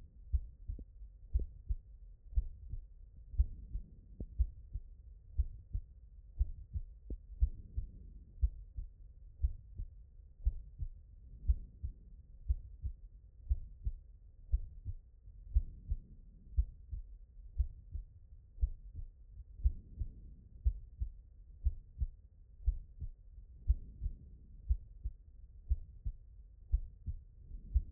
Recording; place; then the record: heart sounds by stethoscope; pulmonary valve (PV)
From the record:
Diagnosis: non-HFrEF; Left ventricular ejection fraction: 69%